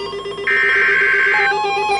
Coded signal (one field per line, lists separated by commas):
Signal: Emergency Alert System (SAME) tones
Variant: header bursts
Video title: Severe Thunderstorm Warning #4 - 8/28/22 (EAS #83)